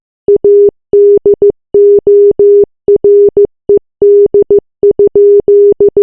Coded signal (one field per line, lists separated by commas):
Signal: Morse code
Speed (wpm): 15 wpm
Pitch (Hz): 410 Hz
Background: none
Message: ADORED?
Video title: Morse Code Message 008